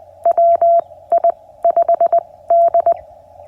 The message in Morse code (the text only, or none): WI5D